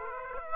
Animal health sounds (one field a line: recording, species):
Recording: mosquito wingbeat signal from an infrared sensor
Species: Aedes aegypti